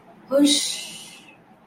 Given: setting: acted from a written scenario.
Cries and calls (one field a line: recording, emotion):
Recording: vocal sound without words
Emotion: relief